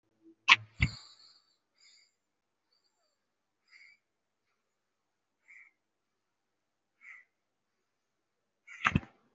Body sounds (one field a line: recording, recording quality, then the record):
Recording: shallow breathing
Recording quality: excellent, no background noise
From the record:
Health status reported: respiratory illness, not identified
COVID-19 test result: negative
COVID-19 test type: RT-PCR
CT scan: not taken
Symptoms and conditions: cold, breathing difficulty, sore throat, asthma, another respiratory illness, another condition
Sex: male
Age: 39 years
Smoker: no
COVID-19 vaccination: one dose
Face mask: worn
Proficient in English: no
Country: India